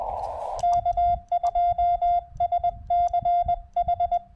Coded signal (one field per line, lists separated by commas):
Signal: Morse code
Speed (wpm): 20 wpm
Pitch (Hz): 3500 Hz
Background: none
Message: K2SCH